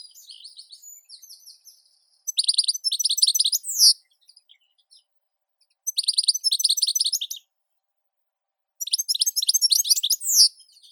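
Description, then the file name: European goldfinch song in three rapid bursts of high tinkling trills, after soft twittering at the start. "Golosa ptic - CSHegol Carduelis carduelis"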